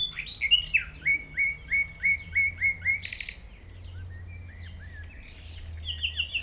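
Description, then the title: Common nightingale singing: an opening phrase, then a series of rich repeated notes, a burst of chatter and further phrases, over a low rumbling hum. Recorded at 195 Rue de Vars, Chindrieux, France, approaching the singing nightingale on foot through tall grass; it ignores outside noise while singing. "195 Rue de Vars, 73310 Chindrieux, France - approche d'un rossignol"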